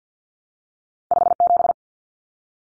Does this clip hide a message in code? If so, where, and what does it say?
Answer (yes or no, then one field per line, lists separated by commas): yes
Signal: Morse code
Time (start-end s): 1.1-1.7 s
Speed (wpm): 50 wpm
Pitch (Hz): 700 Hz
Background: none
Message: 57